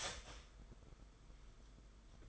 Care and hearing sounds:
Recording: daily activity, microphone in the room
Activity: start toaster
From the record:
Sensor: 5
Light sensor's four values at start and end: 41/125/48/51 and 41/125/48/51

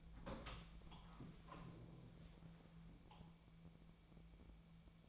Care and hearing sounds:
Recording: daily activity, microphone in the room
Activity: open door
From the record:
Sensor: 1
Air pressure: 1000.5 hPa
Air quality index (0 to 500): 184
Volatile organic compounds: 4 ppm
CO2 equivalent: 1702 ppm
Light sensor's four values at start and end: 12/28/12/13 and 12/29/12/14

